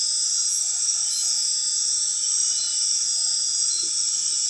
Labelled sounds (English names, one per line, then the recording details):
none
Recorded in dense forest near Puerto Asís, Putumayo, Colombia, on 19 February 2024 at 22:30
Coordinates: 0.502, -76.326
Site G6460